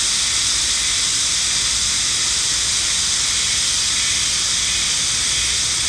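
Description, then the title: Steady loud cicada chorus, a bright sizzling drone high in pitch, unchanging from start to finish. Shrine's sacred forest in Japan, northernmost habitat on the Sea of Japan side; possibly end of season; cicadas calling fairly well; recorded with an MKH8020 microphone. "能生白山神社のヒメハルゼミ"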